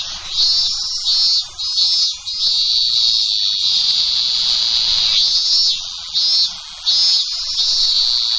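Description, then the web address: Robust cicada song of strident buzzy pulses, a sustained droning stretch in the middle, then the rhythmic pulsing resumes. "sikioto insect minminzemi"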